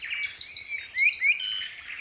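Iiwi calls, a series of high sliding notes, some rising sharply.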